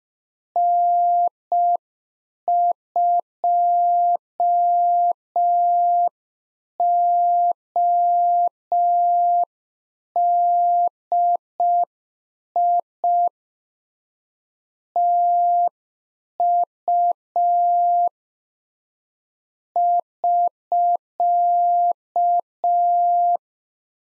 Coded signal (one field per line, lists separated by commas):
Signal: Morse code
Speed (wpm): 5 wpm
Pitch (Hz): 700 Hz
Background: none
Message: N2ODI TU <SK>